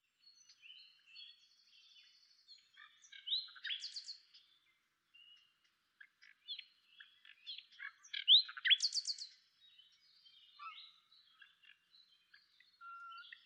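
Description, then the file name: Common nightingale song, soft and scattered: varied short chirps, whistles and buzzy notes with two louder rapid bursts, broken by brief pauses. "Luscinia megarhynchos"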